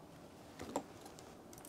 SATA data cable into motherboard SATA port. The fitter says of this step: they snap into place make sure that you get the little angle properly